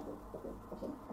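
Fast, rhythmic whooshing pulses from an ultrasound Doppler: the heartbeat of a male fetus.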